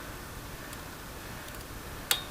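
A click-type torque wrench set in inch-pounds tightens a connecting rod cap bolt on a small engine short block. Under a steady background hiss, a single sharp click sounds at 2.1 s as the wrench reaches its setting, and the bolt is torqued before moving on to the second bolt.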